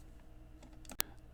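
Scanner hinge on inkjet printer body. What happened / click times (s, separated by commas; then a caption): The plastic hinge snapped free of its housing / 1.0 s. A screwdriver wedged at the plastic scanner hinge of an HP OfficeJet Pro 9000-series (9015/9018/9025) inkjet printer is pried forward, with faint scraping and small ticks before a sharp, loud crack at 1.0 s. The hinge snaps free of the printer body.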